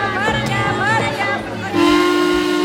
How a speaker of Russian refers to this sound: И замирает, услышав гудок парохода.